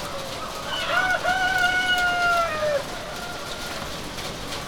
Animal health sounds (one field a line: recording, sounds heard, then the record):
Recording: poultry house recording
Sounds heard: healthy chickens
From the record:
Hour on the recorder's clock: 18